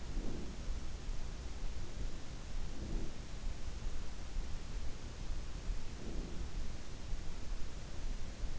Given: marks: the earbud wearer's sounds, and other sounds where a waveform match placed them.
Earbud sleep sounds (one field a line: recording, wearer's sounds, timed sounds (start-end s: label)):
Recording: sounds in sleep by an in-ear microphone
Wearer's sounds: breath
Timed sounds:
0.00-0.64 s: breath
2.50-3.15 s: breath
5.78-6.60 s: breath